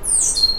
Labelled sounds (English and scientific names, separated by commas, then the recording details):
Stitchbird (Notiomystis cincta) song
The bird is a male
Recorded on Tiritiri Matangi Island, New Zealand, in 2005
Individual 12, of nest box 16